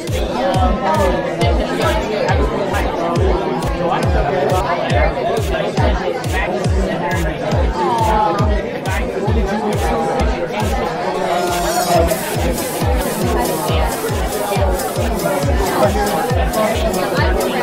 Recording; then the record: background sound without coughing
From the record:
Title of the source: Nightlife Party Simulating Party Club Noise 1 Hour